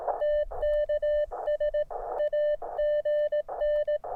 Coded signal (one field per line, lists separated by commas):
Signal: Morse code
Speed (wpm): 18 wpm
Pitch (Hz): 600 Hz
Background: none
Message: TKS AGN